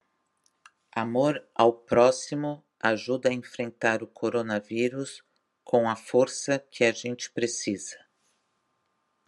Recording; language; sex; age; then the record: spoken sentence; Brazilian Portuguese; female; 50 to 59 years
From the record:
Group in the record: control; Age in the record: 52 years